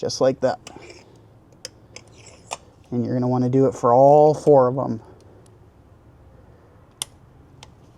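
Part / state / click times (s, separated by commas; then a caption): torque wrench on a spark plug in the cylinder head / torque reached / 7.0 s. A torque wrench tightens a spark plug in the cylinder head of an FK8 Type R until the wrench clicks at its setting, confirming the torque. Someone talks over a few light ticks, then a sharp click lands at 7.0 s.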